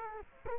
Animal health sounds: mosquito wingbeat signal from an infrared sensor; Culex quinquefasciatus

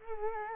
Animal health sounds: mosquito wingbeat signal from an infrared sensor; Culex quinquefasciatus

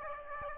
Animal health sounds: mosquito wingbeat signal from an infrared sensor; Aedes aegypti

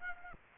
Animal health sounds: mosquito wingbeat signal from an infrared sensor; Aedes aegypti

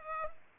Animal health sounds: mosquito wingbeat signal from an infrared sensor; Culex pipiens

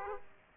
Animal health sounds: mosquito wingbeat signal from an infrared sensor; Aedes aegypti

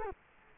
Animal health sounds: mosquito wingbeat signal from an infrared sensor; Culex quinquefasciatus

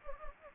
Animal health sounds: mosquito wingbeat signal from an infrared sensor; Anopheles gambiae

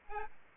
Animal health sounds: mosquito wingbeat signal from an infrared sensor; Aedes albopictus

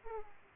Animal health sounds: mosquito wingbeat signal from an infrared sensor; Aedes aegypti

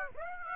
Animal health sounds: mosquito wingbeat signal from an infrared sensor; Aedes aegypti

